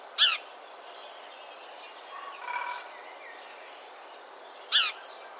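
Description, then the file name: House sparrow calling: a single sharp chirp, then a long pause with faint background sounds before a second similar chirp. "Passer domesticus"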